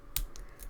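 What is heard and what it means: The last pin of a 40 mm laminated steel Brinks padlock is set with a pick and tension tool, and the shackle springs open with a sharp, bright click at 0.2 s. Two fainter ticks follow at about 0.4 s and 0.6 s. The padlock is released.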